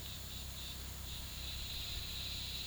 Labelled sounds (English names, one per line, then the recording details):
none
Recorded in pastures near Puerto Asís, Putumayo, Colombia, on 18 February 2024 at 16:30
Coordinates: 0.486, -76.323
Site G6462